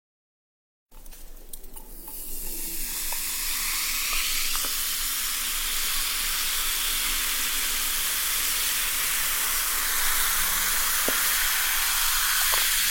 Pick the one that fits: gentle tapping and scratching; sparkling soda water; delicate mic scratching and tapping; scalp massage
sparkling soda water